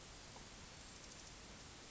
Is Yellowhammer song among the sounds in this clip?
no